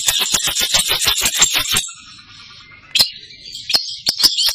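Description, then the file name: Long-tailed shrike song: a rapid, harsh rattling chatter, a brief quiet gap, then a few high, sharp notes. "cendet samohong"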